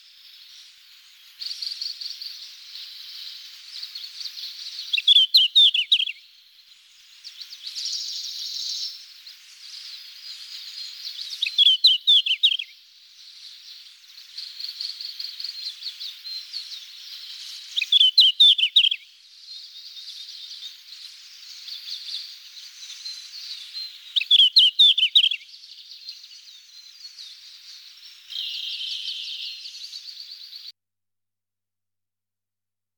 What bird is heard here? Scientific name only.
Tarsiger cyanurus